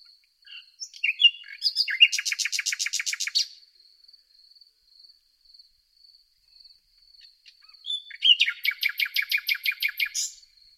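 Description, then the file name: Common nightingale song with two long, rapid, rattling trills of repeated notes, each lasting over a second, separated by several seconds of quiet over a steady high tone. "Luscinia megarhynchos"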